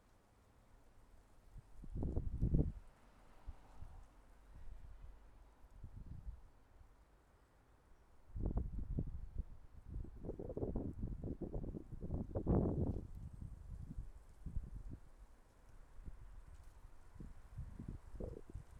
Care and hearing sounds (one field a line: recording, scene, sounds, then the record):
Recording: everyday scene through a hearing-aid microphone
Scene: wind on the microphone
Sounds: wind, traffic, birds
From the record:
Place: suburban garden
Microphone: behind the ear, left, rear